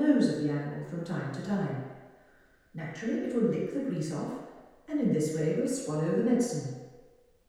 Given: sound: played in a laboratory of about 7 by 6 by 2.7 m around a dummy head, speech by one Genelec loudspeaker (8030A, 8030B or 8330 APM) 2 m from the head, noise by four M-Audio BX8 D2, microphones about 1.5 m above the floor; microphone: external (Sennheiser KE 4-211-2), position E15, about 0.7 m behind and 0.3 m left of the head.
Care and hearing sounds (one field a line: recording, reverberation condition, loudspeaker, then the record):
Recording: female speech in English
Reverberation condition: high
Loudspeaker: in front (0 degrees)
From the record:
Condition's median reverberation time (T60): about 1300 ms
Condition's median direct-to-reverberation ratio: about -4.0 dB